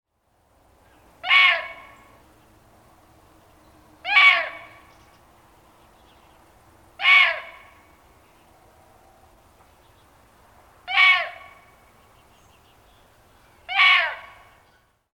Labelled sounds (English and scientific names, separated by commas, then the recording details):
Indian Muntjac (Muntiacus muntjak)
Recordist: Tembrock, Günter
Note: Bellen eines Weibchens